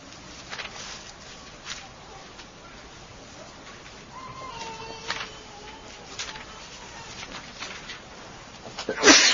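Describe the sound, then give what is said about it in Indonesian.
A single loud, sharp sneeze bursts out at the very end of an Islamic religious lecture, after several seconds of quiet shuffling and faint background noise. “Yahdikumullah wa yahdikum.”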